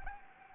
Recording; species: mosquito wingbeat signal from an infrared sensor; Anopheles gambiae